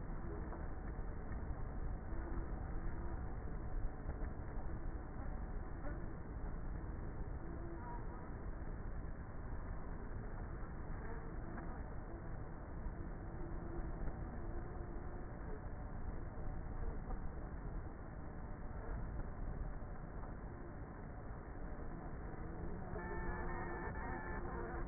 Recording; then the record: honeybee colony, microphone inside the hive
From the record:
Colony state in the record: queenless with a low population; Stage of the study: before two queens were removed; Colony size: about 30,000 bees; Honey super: no